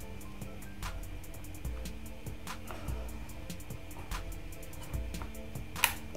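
A plastic 360° propeller guard is fitted onto the rear arm of a small DJI Mini 2 drone and pressed until it locks, with music playing in the background. A sharp, bright click at 5.8 s marks the lock, and the guard is seated firmly on the arm.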